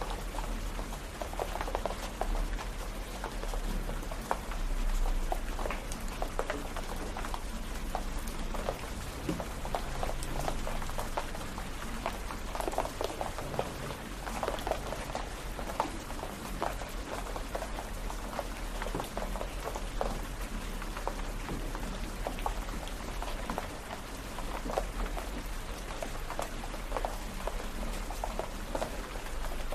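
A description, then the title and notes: Steady rain falls throughout, a dense, even hiss filled with countless small drop taps spread across the whole half minute. The patter holds a constant level with no pauses, and a low, continuous hum sits underneath the rain. Rainy Bliss: Experiencing the Serene Rain.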